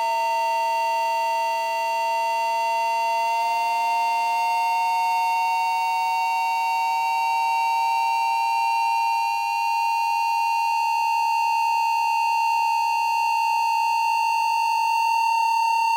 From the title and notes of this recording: Study for No-Input Mixer #4 (2023)- one voice. This piece was recorded on July 5, 2023 at Studio kHz. I used only 1 channel without input with internal audio feedback and a constant high drone as a background, controlled by faders and knobs with amazing resolution.